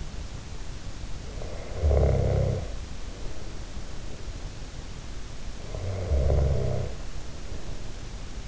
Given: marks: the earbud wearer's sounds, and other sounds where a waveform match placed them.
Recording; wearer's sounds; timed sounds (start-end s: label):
sounds in sleep by an in-ear microphone; snoring breath
1.27-3.99 s: snoring breath
5.51-8.47 s: snoring breath